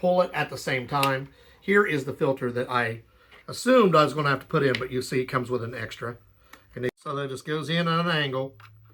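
A spare filter for a UWANT wet-dry vacuum cleaner is handled and angled toward the vacuum housing while someone talks throughout. Nothing has seated or clicked yet; the clip ends just before the filter goes home.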